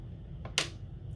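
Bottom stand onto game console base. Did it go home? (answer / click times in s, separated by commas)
yes / 0.5 s, 0.6 s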